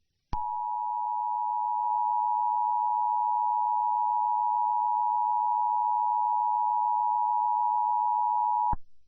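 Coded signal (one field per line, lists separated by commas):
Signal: Emergency Alert System (SAME) tones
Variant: 853 and 960 Hz attention tone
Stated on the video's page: Fanmade fictional Backrooms EAS alert, not real.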